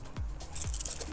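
A telescoping leg on the instant tent frame of a Darche Kozi 6P Instant Tent is being extended toward its push-button lock by one person. There are soft, repeated low thumps of handling with hissy scraping, plus two brief sharp ticks near 0.8 and 0.9 seconds. Nothing has seated or clicked into the lock yet.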